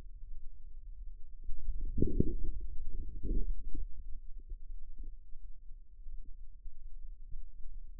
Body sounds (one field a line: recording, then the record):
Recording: forearm muscle sounds (acoustic myography)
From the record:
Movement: outward rotation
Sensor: system 2, bracelet of six BSWA MPA416 microphones around the upper forearm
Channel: 6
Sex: male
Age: 22 years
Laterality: right